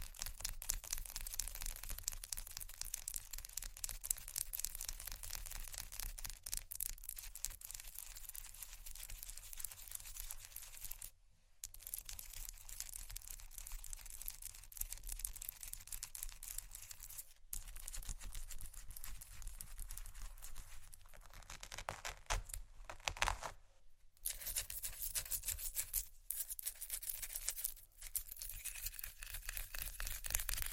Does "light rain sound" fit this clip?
no